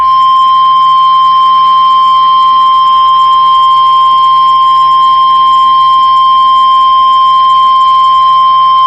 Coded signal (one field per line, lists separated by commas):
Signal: Emergency Alert System (SAME) tones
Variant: 1050 Hz attention tone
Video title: EAS 4586-4593 Tests from 1/10-1/11